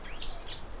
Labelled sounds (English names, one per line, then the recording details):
Stitchbird song
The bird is a male
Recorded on Tiritiri Matangi Island, New Zealand, in 2005
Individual 1, of nest box 1